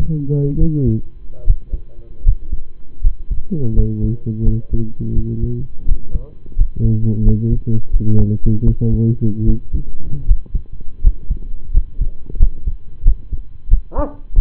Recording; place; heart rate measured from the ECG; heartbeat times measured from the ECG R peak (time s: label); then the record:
heart sounds by stethoscope; between the tricuspid and mitral areas; 83 bpm
0.56 s: heartbeat
1.42 s: heartbeat
2.21 s: heartbeat
3.00 s: heartbeat
3.73 s: heartbeat
4.42 s: heartbeat
5.12 s: heartbeat
5.84 s: heartbeat
6.54 s: heartbeat
7.22 s: heartbeat
7.90 s: heartbeat
8.63 s: heartbeat
9.43 s: heartbeat
10.23 s: heartbeat
10.99 s: heartbeat
11.69 s: heartbeat
12.35 s: heartbeat
13.02 s: heartbeat
13.68 s: heartbeat
14.33 s: heartbeat
From the record:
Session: rest, lying down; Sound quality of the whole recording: partially saturated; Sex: male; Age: 25 years